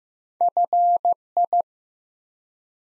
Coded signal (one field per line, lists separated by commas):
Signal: Morse code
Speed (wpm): 15 wpm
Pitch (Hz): 700 Hz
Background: none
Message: FI